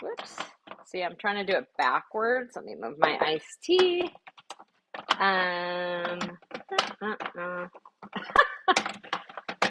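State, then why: Seated. A plastic pint and outer bowl with its lid are twisted onto a Ninja Creami ice cream machine base while someone talks, with a brief stretch of music and a few light handling knocks. The bowl assembly locks with a sharp click at 9.6 s, seated in the machine.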